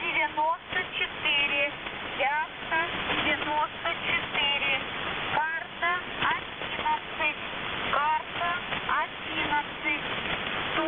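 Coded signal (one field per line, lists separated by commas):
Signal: coded military voice message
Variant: Squeaky Wheel, Russian voice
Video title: The Squeaky Wheel | 20th August 2023 | "Dlya" Voice Message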